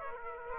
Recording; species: mosquito wingbeat signal from an infrared sensor; Aedes aegypti